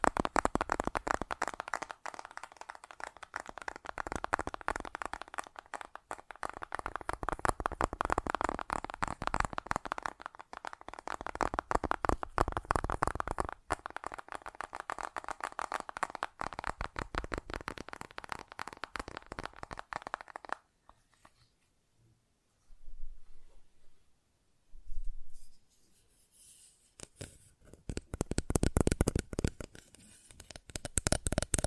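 Fast tapping runs in a dense, rapid patter of crisp clicks for the first twenty seconds, bright and steady. Around 21 seconds it drops to near silence, broken by short bursts near 23 and 25 seconds, then the quick tapping returns strongly from about 27 seconds.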